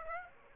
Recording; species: mosquito wingbeat signal from an infrared sensor; Aedes aegypti